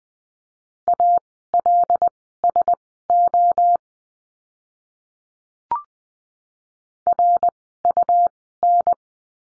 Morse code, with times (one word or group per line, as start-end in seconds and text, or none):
0.9-3.8 ALSO
7.1-8.9 RUN